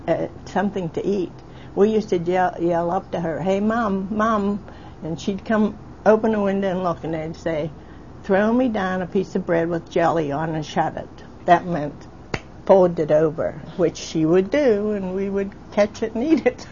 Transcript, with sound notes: something to eat, we used to yell up to her hey mom and she'd come open the window and look and we'd say throw me down a piece of bread with jelly on a, that meant [clapping sound] folded over, which she would do and we would catch it and eat it.